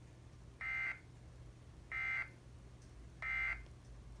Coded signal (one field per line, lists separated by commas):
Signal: Emergency Alert System (SAME) tones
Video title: Part 3 of the flooding Madness EAS#264-282 8/14/20